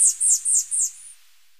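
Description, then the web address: Tanager finch song: four quick, very high thin notes in rapid succession, each slightly falling, followed by a softer trailing note, then quiet. Recorded in Ecuador. "Natures Songs S America Birds of Ecuador Tanager Finch"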